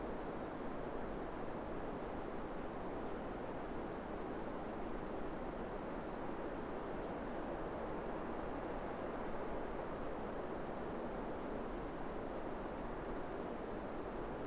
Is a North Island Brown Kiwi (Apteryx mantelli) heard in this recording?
no